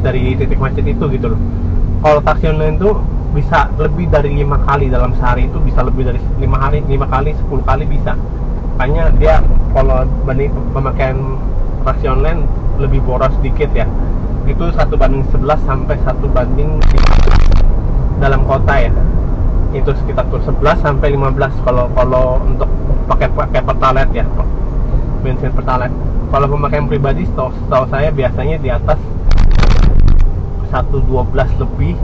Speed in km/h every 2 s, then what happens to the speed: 28, 26, 29, 33, 36, 39, 42, 43, 44, 46, 44, 44, 42, 33, 28, 30.
3-18 speeds up to 46. 18-28 slows to 28.